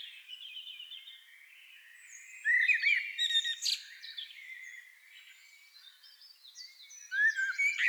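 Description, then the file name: Common blackbird song: soft twittering broken by two louder, fluty warbled phrases with high squeaky notes. "Turdus merula"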